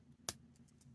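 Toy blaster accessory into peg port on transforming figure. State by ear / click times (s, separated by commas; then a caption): seated / 0.3 s. A plastic toy blaster accessory is pushed onto a peg in a port on the alt mode of a Craftsman Toys DJS-02A Steel Drill, a Transformers Legends-scale Nosecone transforming figure. It snaps in with a single sharp, bright click at 0.3 s over a quiet low background, followed by a few faint high ticks. The blaster is seated in the port.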